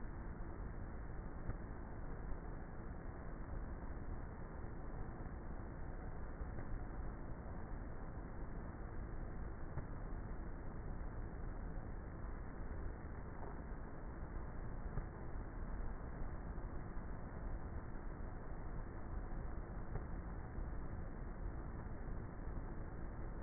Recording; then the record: honeybee colony, microphone inside the hive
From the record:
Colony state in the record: queenless with a low population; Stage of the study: before two queens were removed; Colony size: about 30,000 bees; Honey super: no